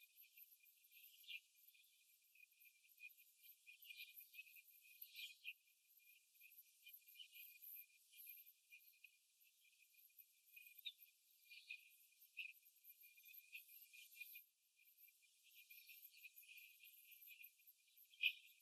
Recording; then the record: young laying hens in a cage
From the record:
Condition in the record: after the stressor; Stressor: simulated dog barking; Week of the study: 3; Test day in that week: 2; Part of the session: 3